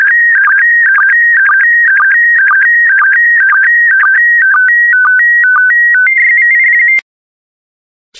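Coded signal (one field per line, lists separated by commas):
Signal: SSTV (slow-scan television)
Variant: PD120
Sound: warbling steady tones stepping between two pitches with brief low blips, then silence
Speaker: complete. You can now check your decoded image against the picture that is shown on the video.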